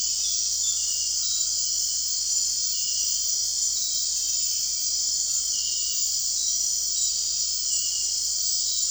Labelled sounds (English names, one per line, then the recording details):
none
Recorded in dense forest near Puerto Asís, Putumayo, Colombia, on 9 March 2025 at 23:00
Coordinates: 0.499, -76.324
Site GP03